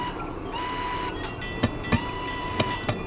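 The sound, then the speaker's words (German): A train rolls along the tracks with a steady, heavy rumble, punctuated by paired metallic clacks of wheels over rail joints and a faint high whine. The train departed from Radegast station. “Papa, sag mir, wie hat der Bahnhof geheißen, von dem wir abgefahren sind?”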